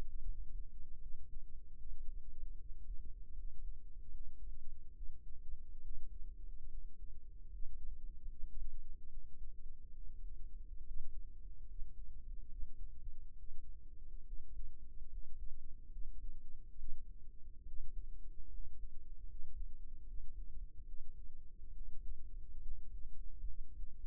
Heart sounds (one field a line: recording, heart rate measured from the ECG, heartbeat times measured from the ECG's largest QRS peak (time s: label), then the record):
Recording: heart sounds by microphone in the right ear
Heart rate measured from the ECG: 72 bpm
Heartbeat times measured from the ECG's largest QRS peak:
0.25 s: heartbeat
0.99 s: heartbeat
1.76 s: heartbeat
2.57 s: heartbeat
3.34 s: heartbeat
4.12 s: heartbeat
4.94 s: heartbeat
5.82 s: heartbeat
6.69 s: heartbeat
7.50 s: heartbeat
8.28 s: heartbeat
9.09 s: heartbeat
9.93 s: heartbeat
10.84 s: heartbeat
11.66 s: heartbeat
12.48 s: heartbeat
13.36 s: heartbeat
14.24 s: heartbeat
15.08 s: heartbeat
15.90 s: heartbeat
16.77 s: heartbeat
17.65 s: heartbeat
18.49 s: heartbeat
19.27 s: heartbeat
20.04 s: heartbeat
20.85 s: heartbeat
21.73 s: heartbeat
22.63 s: heartbeat
23.45 s: heartbeat
From the record:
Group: healthy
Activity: cold pressor test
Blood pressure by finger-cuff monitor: 107/71 mmHg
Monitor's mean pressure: 84 mmHg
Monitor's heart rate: 72 bpm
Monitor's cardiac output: 6.6 L/min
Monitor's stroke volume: 92 mL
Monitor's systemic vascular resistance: 910 dyn s/cm5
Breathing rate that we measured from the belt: 15 breaths a minute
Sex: male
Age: 22 years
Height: 181 cm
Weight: 79 kg